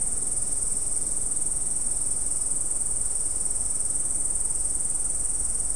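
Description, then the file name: Insect sound as an unbroken, very high ringing drone, constant in pitch and loudness. "mainly insect"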